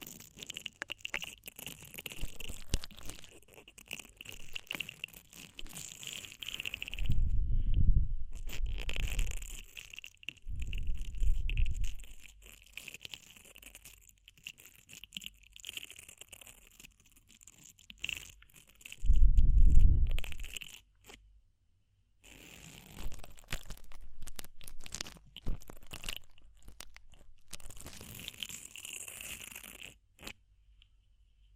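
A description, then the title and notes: Ear cleaning sounds made of dense, scratchy crackling and rustling that come and go in bursts. Deeper muffled thumps swell at around 7, 11 and 19 seconds, and a steady high hiss runs through most of it, dropping out briefly near the end. ASMR DEEP Ear Penetrating Cleaning (No Talking).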